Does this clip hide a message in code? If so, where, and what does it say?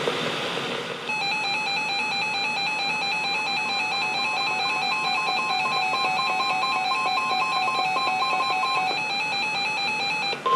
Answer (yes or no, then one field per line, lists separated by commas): no